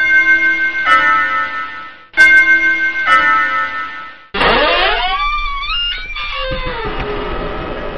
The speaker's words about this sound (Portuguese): Percebi que deveria ter que tocar a campainha.